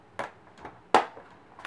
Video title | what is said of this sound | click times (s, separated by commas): Cleaning up my Asus G75V! | Make sure you hear that pop. | 0.2 s, 0.9 s